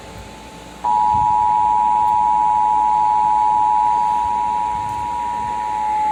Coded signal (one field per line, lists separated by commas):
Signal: Emergency Alert System (SAME) tones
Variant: 853 and 960 Hz attention tone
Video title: Child Abduction Emergency on Xfinity (EAS #38)